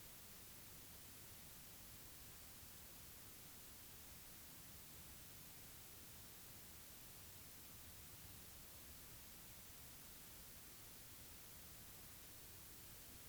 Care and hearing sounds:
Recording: daily activity, guitar pickup as the sensor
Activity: stand

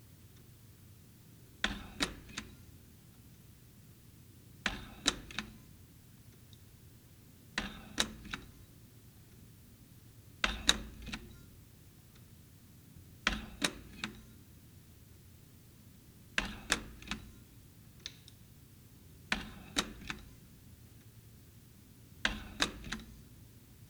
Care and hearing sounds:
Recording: daily activity, guitar pickup as the sensor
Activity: manipulate door

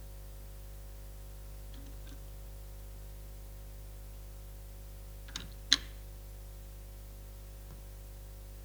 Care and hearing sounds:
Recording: daily activity, guitar pickup as the sensor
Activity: manipulate door

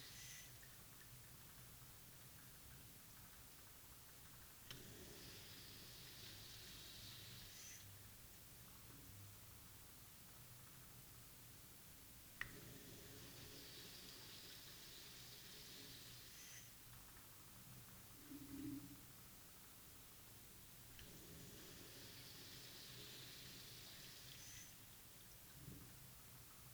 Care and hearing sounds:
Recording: daily activity, guitar pickup as the sensor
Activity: flush

